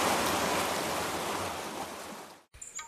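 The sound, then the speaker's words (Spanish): Sea waves break on the shore in a dense, steady roar of surf that gradually fades, then cuts off abruptly before a brief, higher-pitched snippet of another sound. “Mira, mira lo que trajo la mar.”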